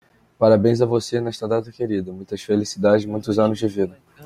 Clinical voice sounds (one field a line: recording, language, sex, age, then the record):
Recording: short text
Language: Brazilian Portuguese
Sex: male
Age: 20 to 29 years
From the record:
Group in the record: control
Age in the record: 20 years